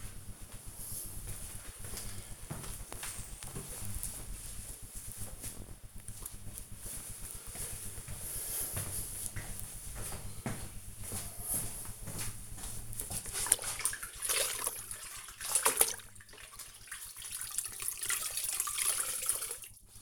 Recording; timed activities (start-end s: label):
household activities, microphone on the right wrist
0.00-20.02 s: cleaning the cupboard